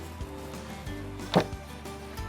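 A magnetic sharpening stone holder is flipped around and slid onto its magnetic mount on the arm of a Work Sharp Precision Adjust knife sharpener. Over a low steady hum and a few faint soft thuds, a single short, sharp snap at 1.4 s is heard as the magnet pulls the holder home. The holder is seated in place.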